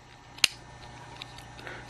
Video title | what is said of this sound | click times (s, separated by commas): del Sol gauge cluster button light cleanup | and kind of snap it all together you can hear the popping | 0.4 s